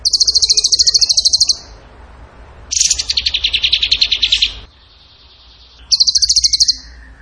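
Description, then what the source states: Bird alternating high rapid trills with a lower, buzzier trill, each burst one to two seconds long with short pauses between. Masteran (training) recording in the tembakan gacor singing style.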